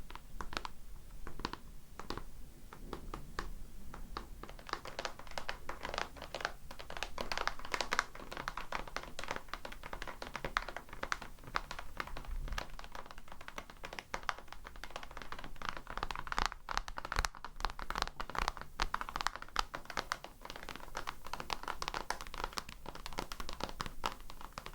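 Tapping goes on throughout, a dense run of quick, irregular hits with light crinkly clicks mixed in. The taps stay at a fairly even loudness, bright and sharp, with a soft low thump under some strokes.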